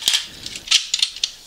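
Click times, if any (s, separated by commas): 1.2 s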